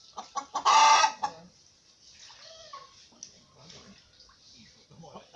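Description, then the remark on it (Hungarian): A rooster being carried inside gives a few quick clucks, then a loud, harsh squawking burst, followed by softer scattered clucking mixed with a person talking quietly. “Hogy nem jössz már, ha már beviszem a kakaszt?”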